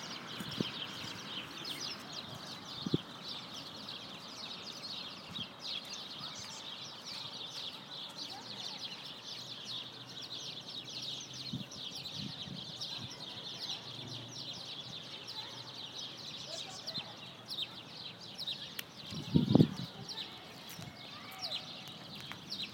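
Many birds chirp and twitter at once in a park, a dense, steady layer of bright, high calls running the whole time. A low hum sits underneath, with a few brief knocks, including a louder thump around nineteen seconds.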